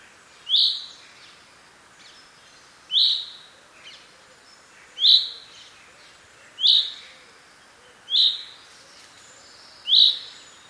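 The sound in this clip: Common chaffinch calls: brief bright notes repeated six times at roughly two-second intervals over a steady background hiss.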